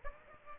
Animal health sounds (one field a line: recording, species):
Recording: mosquito wingbeat signal from an infrared sensor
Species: Aedes aegypti